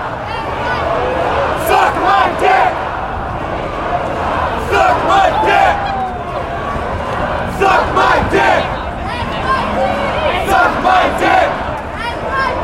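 A crowd at a peaceful protest in New York City fills the recording with a dense, constant wash of voices. Shouts and chanted calls rise above the din in repeated bursts, strongest around the second, fifth, eighth and eleventh seconds, while the low murmur never drops away.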